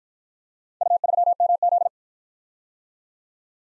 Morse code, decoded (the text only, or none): U3MZ